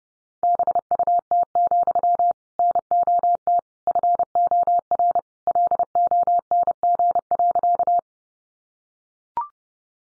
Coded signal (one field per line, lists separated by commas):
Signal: Morse code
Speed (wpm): 30 wpm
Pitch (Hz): 700 Hz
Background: none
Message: BUT, NOT FOR LONG.